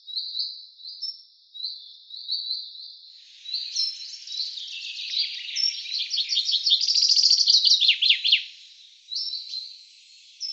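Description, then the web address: Common chaffinch song: a long rattling trill ending with a flourish, between repeated thin, high whistled notes. "Deverinetal 2025 File cleaned normalized Bird Fr Co"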